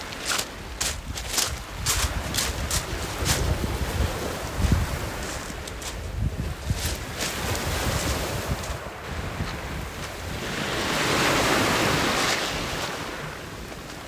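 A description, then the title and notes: Waves break on a rocky shore with sharp splashes in the first seconds, then a steadier wash that swells around eleven seconds, wind rumbling beneath. The breaking of the waves onto the rocky shores of la plage.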